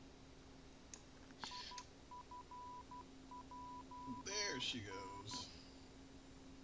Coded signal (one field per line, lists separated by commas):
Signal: Morse code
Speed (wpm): 12 wpm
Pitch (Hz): 990 Hz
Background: speech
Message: IFJN